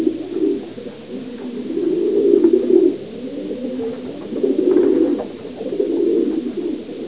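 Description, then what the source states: Pigeon cooing in low, bubbling phrases that swell and fade, several in a row. Recorded in an attic.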